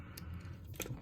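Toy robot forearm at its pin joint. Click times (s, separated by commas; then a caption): 0.8 s. The forearm of a plastic transforming robot figure is closed and then pulled open at its pin joint during transformation, with light plastic handling clicks and a sharp tick near 0.2 s. A bright click at 0.8 s marks the forearm locking into place at the pin joint.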